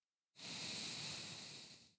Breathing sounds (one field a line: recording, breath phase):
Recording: one breath near a microphone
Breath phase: exhalation